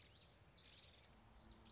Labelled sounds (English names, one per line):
Common Yellowthroat